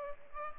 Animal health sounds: mosquito wingbeat signal from an infrared sensor; Culex pipiens

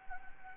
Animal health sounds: mosquito wingbeat signal from an infrared sensor; Anopheles gambiae

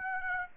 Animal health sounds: mosquito wingbeat signal from an infrared sensor; Aedes aegypti

